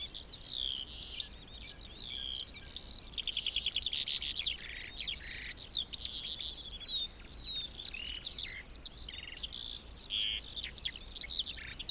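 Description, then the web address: Eurasian skylark song with rapid chirps, rattling trills and sweet whistled slurs delivered nonstop, tumbling and varied throughout, light background noise beneath. Recorded 25 January 2021. "vogelstimmen 210125 feldlerche karl-heinzfrommolt deutsches tierstimmenarchiv"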